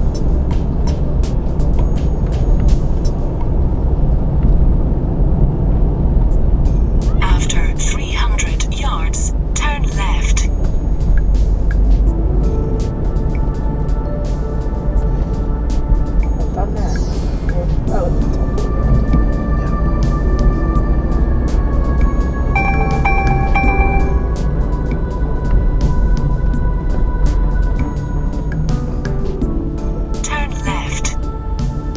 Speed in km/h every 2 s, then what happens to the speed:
47, 47, 47, 39, 34, 34, 37, 40, 39, 40, 44, 45, 39, 31, 19, 16.
4-7 brakes to 34. 7-22 speeds up to 45. 22-32 slows to 16.